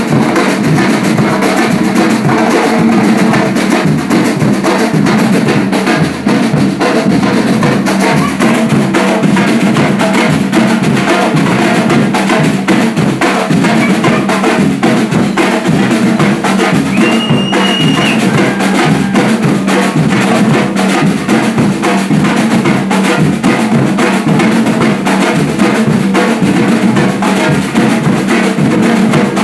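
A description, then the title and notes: Brazilian drum practice on a street: a dense, steady wall of pounding drums with quick, regular beats that never let up for the full half minute. The loudness stays even throughout. Around seventeen seconds a brief, high whistle-like tone sounds over the drumming. Street recording of Brazilian Drum practice, recorded at Mission and 23rd streets in San Francisco, CA on my phone.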